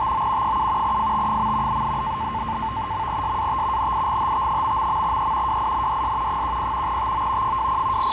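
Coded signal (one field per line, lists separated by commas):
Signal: NAVTEX (SITOR-B)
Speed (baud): 100 baud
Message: TO 7 FT. .SAT NIGHT...E WINDS 10 TO 20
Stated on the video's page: Boston NAVTEX received on a Sangean ATS 909X2 with its reel-in antenna, good decode.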